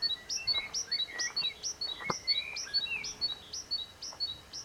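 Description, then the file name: Great tit singing a steady run of high two-note phrases, about two each second, over lower rising whistles and chirps from other birds. "Parus major"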